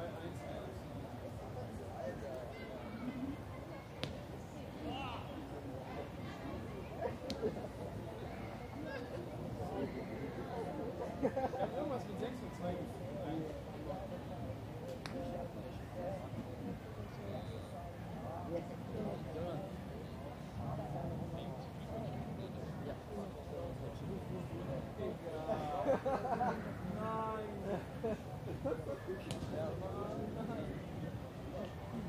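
People pass by in a busy park, with overlapping fragments of conversation forming a dense, steady murmur. Occasional sharper knocks and brief clatters punctuate the chatter, and a louder cluster of voices rises around the twenty-five second mark.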